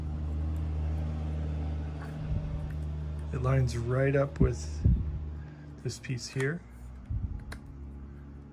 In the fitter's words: and it just snapped in place